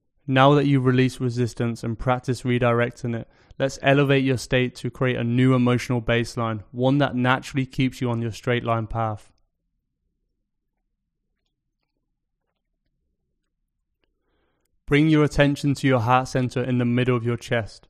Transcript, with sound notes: Now that you've released resistance and practiced redirecting it, let's elevate your state to create a new emotional baseline – one that naturally keeps you on your straight-line path. [Pause 5 seconds] Bring your attention to your heart center in the middle of your chest.